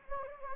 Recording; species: mosquito wingbeat signal from an infrared sensor; Anopheles gambiae